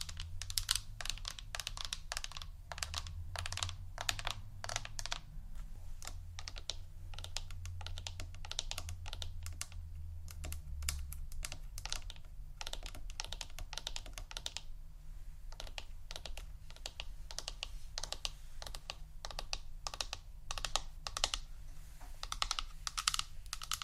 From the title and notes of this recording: ASMR Intoxicating Tapping New Triggers（No Talking）.